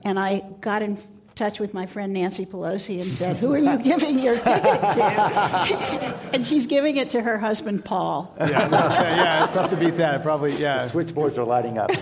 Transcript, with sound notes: and I got in touch with my friend Nancy Pelosi and said who are you giving your ticket to?
[Laughter]
And she’s giving it to her husband Paul.
[Laughs]
Yeah, it’s tough to beat that, probably yeah.
The switch boards are lighting up.